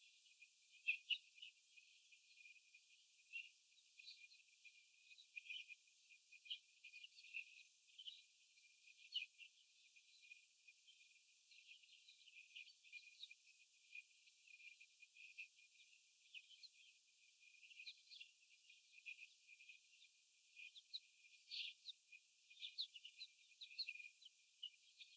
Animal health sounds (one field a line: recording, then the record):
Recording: young laying hens in a cage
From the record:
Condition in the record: after the stressor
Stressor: sudden umbrella opening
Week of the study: 3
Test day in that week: 2